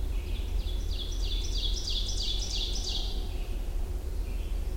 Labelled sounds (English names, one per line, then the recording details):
Ovenbird song
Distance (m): 40 m
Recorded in boreal forest in Alberta, Canada, on 21 June 2016 at 07:23
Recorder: SongMeter 3, array SBT-6-81
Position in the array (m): 155 m, 248 m
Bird 25